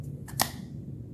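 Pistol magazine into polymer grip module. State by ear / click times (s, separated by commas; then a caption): partly seated / 0.4 s. A pistol magazine is reinserted into a Polymer80 polymer grip module for the SIG P250/P320, with a brief rustle just before a sharp, short click at 0.4 s over a low steady background hum. The magazine is not fully seated; it has popped up a little.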